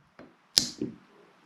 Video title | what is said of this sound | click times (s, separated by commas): Glock 20 teardown, cleaning, and re-assembly | click it will click into place everything clicks back together so | 0.6 s